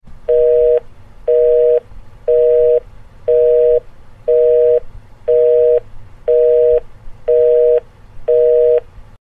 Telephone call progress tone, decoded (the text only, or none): busy tone